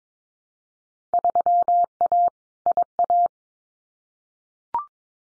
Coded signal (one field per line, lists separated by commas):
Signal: Morse code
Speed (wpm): 22 wpm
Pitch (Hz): 700 Hz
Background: none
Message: 3A IA